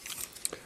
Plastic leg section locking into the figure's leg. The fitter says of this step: you're going to bring it down and it will lock in place right there with a nice little click